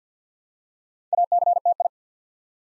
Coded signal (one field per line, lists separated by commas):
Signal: Morse code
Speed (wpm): 50 wpm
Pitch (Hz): 700 Hz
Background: none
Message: ACTI